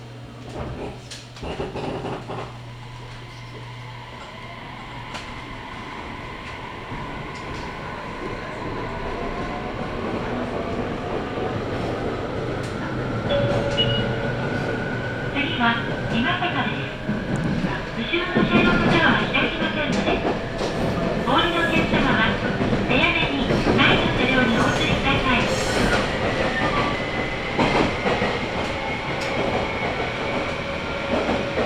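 A train on the Sasebo Line, running from Arita toward Kitahori. The rumble starts quiet and builds steadily, with the wheels clattering and squealing more densely after about 13 seconds. Brief tones and a short low hum come near the start.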